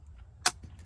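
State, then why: Not seated. A rechargeable LED interior light is handled at its mounting bracket under a storage box in a van, over a steady low hum. A sharp, bright broadband scrape near 0.45 s is followed by faint soft taps around 0.6 s and 0.8 s. Nothing has seated or clicked into place yet.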